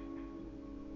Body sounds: background sound without coughing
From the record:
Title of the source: BackgroundMusic3

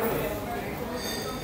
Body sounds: background sound without coughing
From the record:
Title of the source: 40 min - Ambience sounds UNIVERSITY lunchroom chatting

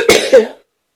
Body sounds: coughing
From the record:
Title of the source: 60 coughing still (deep and wet cough)

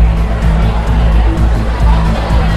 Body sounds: background sound without coughing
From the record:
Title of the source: Party Noise 1 Hour Party Ambience

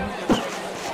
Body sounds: coughing mixed with background sound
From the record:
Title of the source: Heavy cold and sore throat coughing.

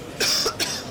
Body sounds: coughing mixed with background sound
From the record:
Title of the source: November cold (wet coughing)

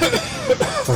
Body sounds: coughing mixed with background sound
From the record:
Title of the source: Dry Coughing Fit in the Afternoon.

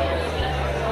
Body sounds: background sound without coughing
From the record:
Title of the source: CITY SOUNDS Busy Bar in the Evening Night - 2 HOURS of Ambiance for Relaxation

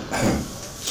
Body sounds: coughing mixed with background sound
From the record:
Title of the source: Spring Cold Coughing 3

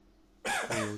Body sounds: coughing mixed with background sound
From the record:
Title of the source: Spring Cold Coughing 2

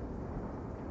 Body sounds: background sound without coughing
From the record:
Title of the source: Train Ride Ambience ambient white noise for sleeping, focus, studying, reading

